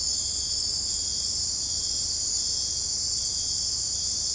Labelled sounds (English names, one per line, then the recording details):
none
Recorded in dense forest near Puerto Asís, Putumayo, Colombia, on 18 February 2024 at 02:00
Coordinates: 0.487, -76.319
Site G6403